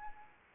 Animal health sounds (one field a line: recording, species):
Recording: mosquito wingbeat signal from an infrared sensor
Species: Anopheles arabiensis